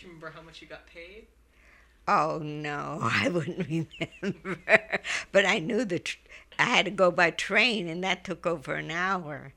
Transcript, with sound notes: Do you remember how much you got paid?
Oh, no. I wouldn't remember. ( she laughs ) But I knew that I had to go by train, and that took over an hour